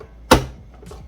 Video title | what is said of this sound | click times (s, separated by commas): Halter Top with Embroidery Tutorial for Beginners | are meant for the grooves and we're going to stick it down until we hear the snap | 0.3 s